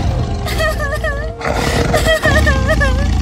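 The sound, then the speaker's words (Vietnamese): A tiger roars loudly in two long, wavering bursts, its rough growling tone rising and falling over a deep, rumbling low end; the lame tiger Sekhan attacking villagers at night in a jungle story. “Nó tấn công dân làng bằng tiếng rống lớn.”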